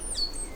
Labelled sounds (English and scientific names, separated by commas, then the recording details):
Stitchbird (Notiomystis cincta) song
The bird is a male
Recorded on Tiritiri Matangi Island, New Zealand, in 2005
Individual 10, of nest box 12